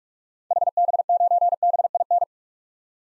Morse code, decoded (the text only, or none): HB9BIN